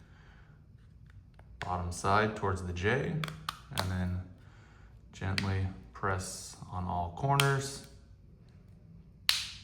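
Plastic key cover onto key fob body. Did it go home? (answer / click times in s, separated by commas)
yes / 9.3 s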